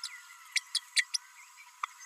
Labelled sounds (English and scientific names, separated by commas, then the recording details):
Green-rumped Parrotlet (Forpus passerinus) babbling
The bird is a female
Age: 32 days
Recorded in a nest box in Venezuela
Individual 17B32A5